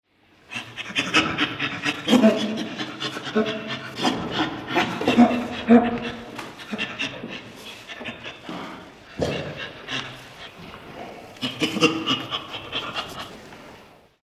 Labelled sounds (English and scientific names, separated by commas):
Chimpanzee (Pan troglodytes)